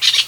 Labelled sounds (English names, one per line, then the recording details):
Brown-throated Parakeet contact call
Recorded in Venezuela
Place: Guárico; Corozopando; Fundo La Fe
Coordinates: 8.506, -67.593